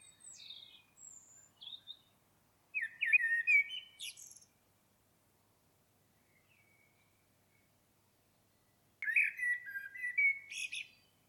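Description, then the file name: Common blackbird song with squeaky, twittering phrases at the start and two louder warbled bursts separated by several seconds of quiet. "Turdus merula"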